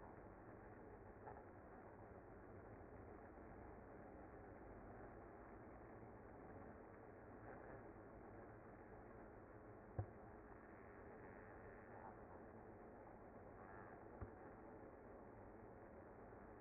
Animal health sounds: honeybee colony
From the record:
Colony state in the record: active

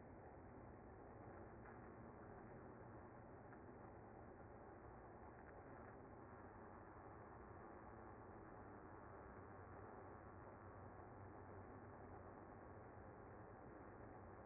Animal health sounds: honeybee colony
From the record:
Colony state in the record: active

